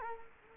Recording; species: mosquito wingbeat signal from an infrared sensor; Culex quinquefasciatus